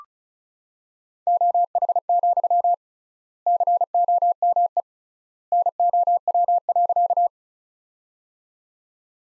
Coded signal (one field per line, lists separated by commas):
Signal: Morse code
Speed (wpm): 36 wpm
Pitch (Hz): 700 Hz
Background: none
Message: OH, COME NOW.